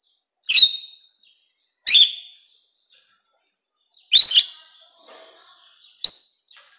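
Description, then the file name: Rosy-faced lovebird producing four harsh, high chirps at irregular intervals, with soft chatter after the third. "canto do inseparavel de faces rosadas"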